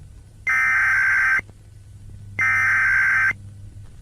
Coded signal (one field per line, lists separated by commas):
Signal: Emergency Alert System (SAME) tones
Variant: header bursts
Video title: Philippine EAS Scenario - Glitch Flood (PT 2)